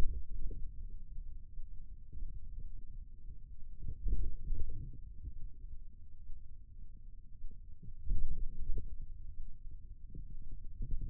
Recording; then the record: forearm muscle sounds (acoustic myography)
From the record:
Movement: ulnar deviation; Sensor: system 2, bracelet of six BSWA MPA416 microphones around the upper forearm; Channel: 3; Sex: male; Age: 22 years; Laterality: right